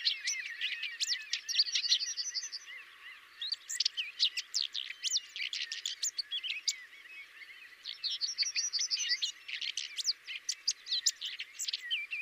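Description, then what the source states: Common whitethroat song, fast scratchy chattering phrases with short buzzy trills, high-pitched and nearly continuous with brief lulls. Variant 5.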